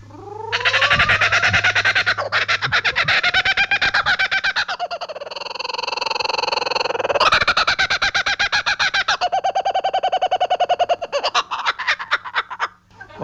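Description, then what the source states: Laughing kookaburra giving a loud, rollicking laugh of harsh chuckles and hoots in rapid, cackling bursts. Captive bird made to call by its handler in Bristol, Rhode Island, 2018; territorial call is a distinctive laugh; species native to eastern mainland Australia.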